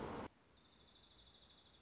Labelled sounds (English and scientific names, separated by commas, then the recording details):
Dark-eyed Junco (Junco hyemalis)
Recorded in Sonoma County, California